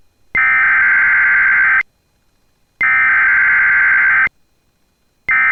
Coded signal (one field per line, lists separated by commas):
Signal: Emergency Alert System (SAME) tones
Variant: header bursts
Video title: When the lake gets more action than the land... || EAS Alerts from June 25, 2024 (EAS #2,894-2,898)